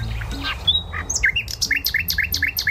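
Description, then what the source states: Common Nightingale song: a thin whistle, then a quick series of identical two-part notes, over a low hum. Played in a radio bird-sound guessing game.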